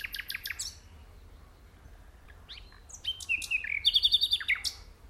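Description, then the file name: Common nightingale song: a few rapid high chirps, a pause, then scattered sharp notes building into a fast, rattling series of repeated clicks and whistles. "Luscinia megarhynchos"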